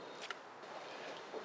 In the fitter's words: it hooks up to the tote and locks in place